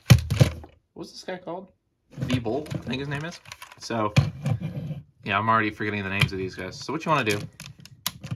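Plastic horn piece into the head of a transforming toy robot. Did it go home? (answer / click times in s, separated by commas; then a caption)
yes / 8.1 s. Someone talks while plastic horn pieces are folded down into the head of a transforming toy robot. The horn pieces click into their locked position at 8.1 s with a sharp snap, so they are seated.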